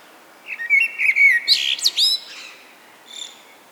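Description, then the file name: Common blackbird singing a mellow, low whistled phrase that breaks into sharp, high-pitched twittering notes, with a faint squeaky trailing note at the end. "Turdus merula"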